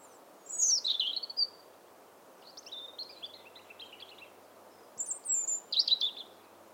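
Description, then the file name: European robin song: thin, high warbled phrases that trill and slide down, separated by short pauses, over a low steady background hiss. "Erithacus rubecula"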